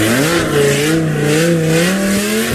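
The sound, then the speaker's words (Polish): A loud, tuned car engine revs continuously on summer roads, its deep harmonic drone rising and falling in pitch as the throttle is worked, with a brief squeal near the end. “To takim drugim problemem, który się pojawia latem, to są te częste przejażdżki zarówno tuningowanych samochodów, jak i motocyklistów z modyfikowanymi wydechami.”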